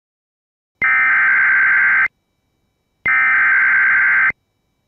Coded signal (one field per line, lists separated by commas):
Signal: Emergency Alert System (SAME) tones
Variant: header bursts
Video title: SVR for parts of Texas (EAS #29)